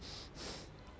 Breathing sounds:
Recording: one breath in and out by a microphone near the nose and mouth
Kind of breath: strong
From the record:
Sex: male

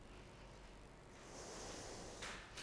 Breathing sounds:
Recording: one breath in and out by a microphone near the nose and mouth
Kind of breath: deep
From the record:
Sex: female

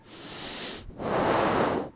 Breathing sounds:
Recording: one breath in and out by a microphone near the nose and mouth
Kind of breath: deep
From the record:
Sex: male

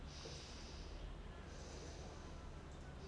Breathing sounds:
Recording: one breath in and out by a microphone near the nose and mouth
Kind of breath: normal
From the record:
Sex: male

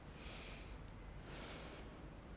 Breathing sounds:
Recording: one breath in and out by a microphone near the nose and mouth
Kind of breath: deep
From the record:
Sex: male

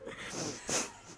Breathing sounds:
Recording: one breath in and out by a microphone near the nose and mouth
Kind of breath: strong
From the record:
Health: marked as sick, illness not named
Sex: female

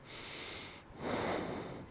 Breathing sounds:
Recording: one breath in and out by a microphone near the nose and mouth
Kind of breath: normal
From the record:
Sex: male

